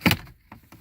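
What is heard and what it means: A plastic trim panel beside the glove box in the dashboard of a 2013–2018 Ford Fusion is pulled firmly, and its retaining clips pop out of the dash with two sharp snaps at 0.1 s and 0.1 s. Two fainter knocks follow as the panel comes free, and it releases easily because it had already been removed once before.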